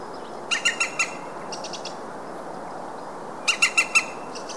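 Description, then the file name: European green woodpecker call: two bursts of four ringing notes each, with a fainter, softer series in between and steady hiss behind. "zold kullo hangja"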